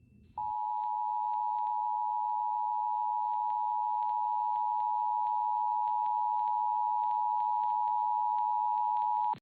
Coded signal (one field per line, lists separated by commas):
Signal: Emergency Alert System (SAME) tones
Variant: 853 and 960 Hz attention tone